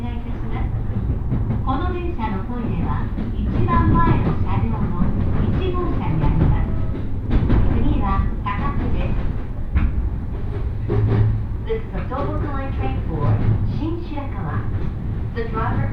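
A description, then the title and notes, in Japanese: A train ride on a local line, heard from inside the carriage, with a steady low rumble of wheels and motor underneath. Passengers talk almost continuously, several voices overlapping, while occasional short clicks and rattles cut through the constant drone. 鉄道旅 東北本線 黒磯→新白河。現在は両方に対応した電車での運行となっており、かつて常磐線で走っていた電車が割り当てられています。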